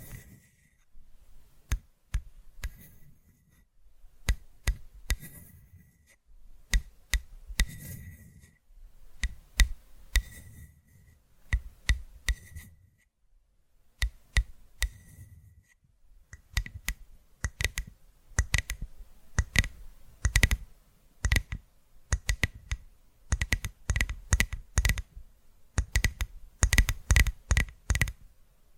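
Tapping and clicking triggers come in quick bursts, sharp taps with a faint ringing tone under them, mixed with soft low thumps. Sparse at first with short pauses, the tapping grows denser and faster through the last ten seconds.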